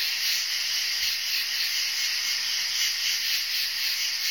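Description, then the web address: Insect buzzing drone, a dense high-pitched hiss held steady throughout with faint rapid pulsing and no other sounds. "animali insetti insetti insect"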